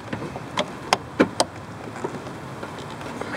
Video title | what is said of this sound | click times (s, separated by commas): How to fix a Noisy Blower Motor AC Heat Fan | that clicks and then you just slide that in like | 0.9 s